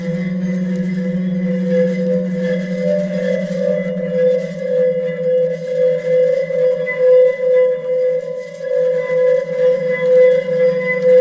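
Singing stones ring in a long, unbroken sustain, a low hum layered with a clear steady tone higher up and faint bright overtones above. The sound holds throughout the clip, its loudness gently pulsing and wavering, with a slight dip near eight seconds.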